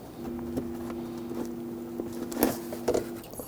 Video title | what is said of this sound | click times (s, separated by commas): How to Replace Windshield Washer Reservoir 2007-2021 Toyota Tundra | Press it on. Give it a little tug. Make sure it's locked into place. | 2.4 s